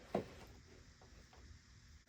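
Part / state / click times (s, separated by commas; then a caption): wiring harness connector onto ignition coil / not seated / none. A plastic wiring harness electrical connector is handled and pushed toward an ignition coil on a 2013-2018 Acura RDX after a spark plug change during its 100,000-mile service. A brief sharp handling sound comes at 0.15 s, followed by faint low rustling and light taps. The clip ends before the connector goes home, and nothing has seated or clicked yet.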